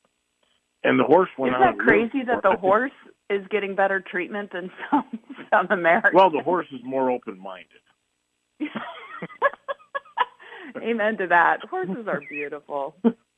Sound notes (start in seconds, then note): 4.7 laughs; 8.6 laughs